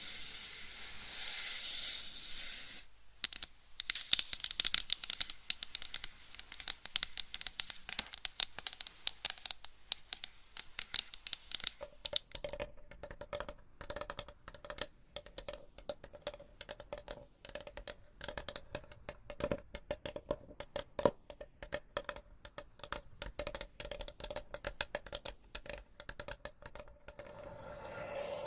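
Scratching and tapping fill the clip as a dense run of quick, crisp strokes. For the first twelve seconds the scratching is brighter and more continuous, with a pause near three seconds. After that the taps grow sparser and more irregular over a faint steady hum.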